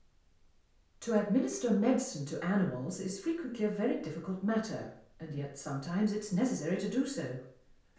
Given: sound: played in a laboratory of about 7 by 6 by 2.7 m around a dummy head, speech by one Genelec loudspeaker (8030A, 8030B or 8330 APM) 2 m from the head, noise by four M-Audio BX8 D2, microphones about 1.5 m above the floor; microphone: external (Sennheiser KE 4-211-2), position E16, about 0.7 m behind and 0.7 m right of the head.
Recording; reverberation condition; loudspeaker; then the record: female speech in English; medium; 30 degrees to the left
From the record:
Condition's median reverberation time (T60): about 510 ms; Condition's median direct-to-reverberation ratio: about -0.5 dB